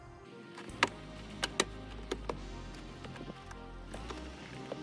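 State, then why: Released. Fingers pull a plastic door sill trim piece gently upward in the door opening of a Toyota Tacoma pickup truck until its retaining clips release from the body. Sharp plastic clicks pop at 0.8, 1.4, 1.6, 2.1 and 2.3 seconds over a steady low hum. The trim piece comes loose.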